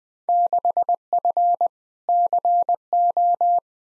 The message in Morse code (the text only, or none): 6F CO